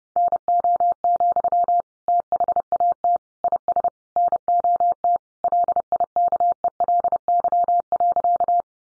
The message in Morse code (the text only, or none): NO, THAT IS NOT LIKELY.